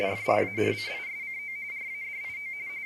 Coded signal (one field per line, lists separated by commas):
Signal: RTTY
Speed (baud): 45.45 baud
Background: speech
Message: FRANCISCO RADIO